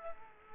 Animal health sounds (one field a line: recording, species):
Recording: mosquito wingbeat signal from an infrared sensor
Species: Culex quinquefasciatus